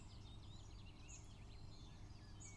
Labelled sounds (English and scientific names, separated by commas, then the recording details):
Common Chaffinch (Fringilla coelebs)
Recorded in Germany
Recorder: ecoPi